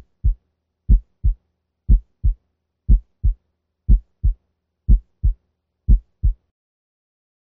The normal S1 and S2 in the tricuspid area. S1 is also longer, louder, and lower pitched than S2 when heard in the tricuspid area. 60 beats per minute.